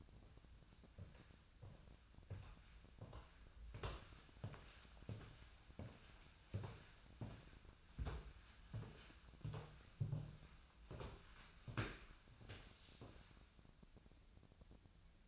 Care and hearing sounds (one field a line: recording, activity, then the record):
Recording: daily activity, microphone in the room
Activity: walk to room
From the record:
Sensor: 2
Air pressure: 1010.0 hPa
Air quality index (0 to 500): 171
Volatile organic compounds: 9 ppm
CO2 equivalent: 2146 ppm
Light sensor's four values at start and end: 36/89/38/43 and 34/85/36/41